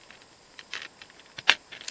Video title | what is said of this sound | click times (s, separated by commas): What My Pandora Bracelets and Pandora Charms Mean To Me | And then you close it up, and you heard that clunk, | 1.5 s